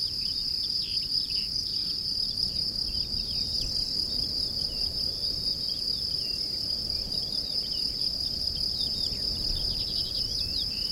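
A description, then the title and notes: Wind rumbles low and steadily across a Portuguese mountainside for the whole stretch, with no real gusts or pauses. A constant high, piercing insect drone sits on top, and faint, brief bird chirps flicker now and then in the background. Wind and bird sounds from Serra da Estrela, the highest mountain in continental Portugal. Recorded by Luís Antero. Wind and birds on a Portuguese mountain.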